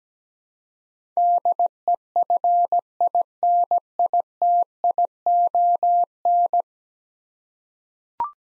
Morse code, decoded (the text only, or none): DEFINITION